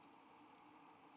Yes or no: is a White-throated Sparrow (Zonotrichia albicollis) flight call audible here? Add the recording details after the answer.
no. No flight call is heard. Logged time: 05:49 on 5 December 2014